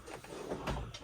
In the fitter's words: And then it's locked into place.